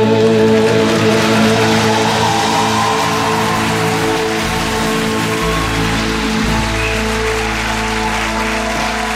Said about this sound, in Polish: Zdecydowanie zasłużyli na te brawa.